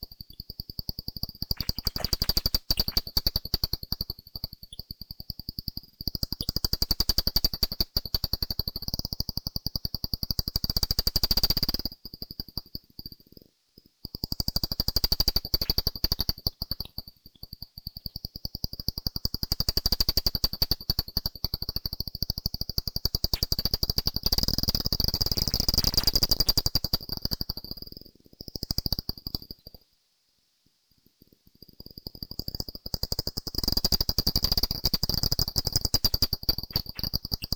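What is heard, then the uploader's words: Brown long-eared bat calls picked up as dense bursts of dry crackling and ticking, busy, running for several seconds at a time. A steady high whine sits underneath throughout, and the clicking drops out briefly near 12, 17 and 30 seconds. Brown Long-Eared Bat, Valley Gardens. Part of the Sound Map Of Harrogate.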